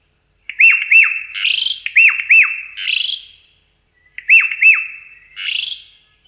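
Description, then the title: Javan pied starling calls: pairs of loud, dipping whistled notes, each pair followed by a harsh, buzzy squawk, in two bursts separated by a short pause. "Jalak Uren"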